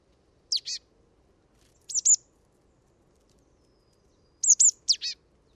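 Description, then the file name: Marsh tit calls: sharp high downward-sweeping notes in three short groups separated by quiet gaps. "Poecile palustris"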